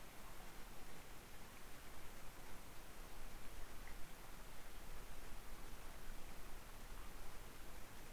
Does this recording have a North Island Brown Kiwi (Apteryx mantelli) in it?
no